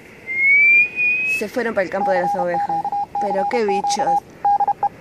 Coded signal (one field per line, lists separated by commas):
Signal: Morse code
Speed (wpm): 31 wpm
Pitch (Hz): 810 Hz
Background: speech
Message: CQ CQ DE